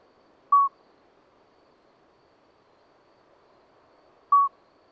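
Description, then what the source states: Common midwife toad giving two short, pure piping notes nearly four seconds apart over soft background hiss. Two calling toads at Lesches-en-Diois, 13 May 2020, at night after two days of rain with dripping vegetation, singing until daybreak; recorded on Nagra Seven with MKH40 microphone.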